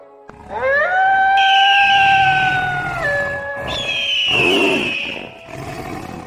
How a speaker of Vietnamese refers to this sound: Thú hóng như sấm, giống như động tĩnh bên này hấp dẫn đến không ít man thú.